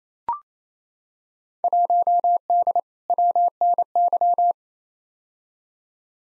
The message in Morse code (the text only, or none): 1D WNY